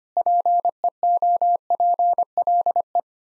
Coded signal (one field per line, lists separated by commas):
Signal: Morse code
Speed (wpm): 25 wpm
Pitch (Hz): 700 Hz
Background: none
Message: PEOPLE